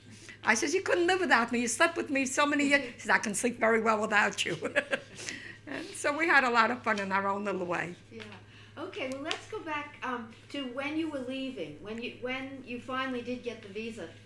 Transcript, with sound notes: I says, "You couldn't live without me. You slept with me so many years." She says, "I can sleep very well without you." ( she laughs ) So we had a lot of fun in our own little way.
Okay. Let's go back to when you were leaving, when you finally did get the visa.